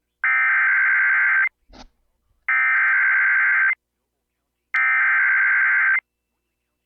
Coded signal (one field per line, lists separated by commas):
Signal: Emergency Alert System (SAME) tones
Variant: header bursts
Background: speech